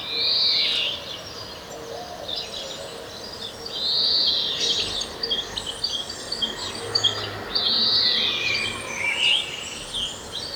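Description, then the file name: European greenfinch calling with three long, rasping, nasal wheezes spaced about four seconds apart, with light bird chatter between them. "Chloris chloris"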